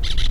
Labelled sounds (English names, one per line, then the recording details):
Brown-throated Parakeet contact call
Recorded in La Tortuga
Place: Isla La Tortuga
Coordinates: 10.925, -65.258